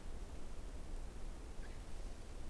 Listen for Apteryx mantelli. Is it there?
no